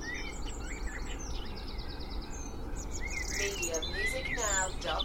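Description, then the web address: Birds chorusing, a rapid series of high repeated notes early on, then whistles and a harsh stacked call, with a low traffic hum behind. Spring dawn chorus with distant traffic noise, Cheshire, UK. "beanstalk-audio Spring dawn chorus with distant traffic noise Cheshire UK"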